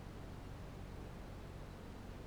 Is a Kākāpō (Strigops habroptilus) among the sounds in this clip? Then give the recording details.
no. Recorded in New Zealand. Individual Barnard